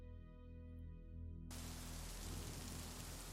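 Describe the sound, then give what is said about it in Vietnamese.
A low, steady humming drone gives way after a second and a half to a dense, even hiss of rain falling at night in Rạch Giá during the tropical depression season, keeping up without a break to the end. “Đêm rạch giá trời lại đổ mưa.”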